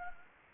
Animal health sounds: mosquito wingbeat signal from an infrared sensor; Anopheles gambiae

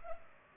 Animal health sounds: mosquito wingbeat signal from an infrared sensor; Culex pipiens

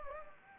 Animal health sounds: mosquito wingbeat signal from an infrared sensor; Anopheles gambiae

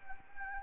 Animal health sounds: mosquito wingbeat signal from an infrared sensor; Anopheles arabiensis

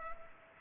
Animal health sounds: mosquito wingbeat signal from an infrared sensor; Culex pipiens

